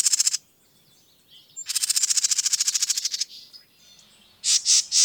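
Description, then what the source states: Bird giving harsh, buzzy chattering: a brief rasp, then a long run of rapid rasping pulses, and finally three loud separate harsh notes. Described as a bird from abroad.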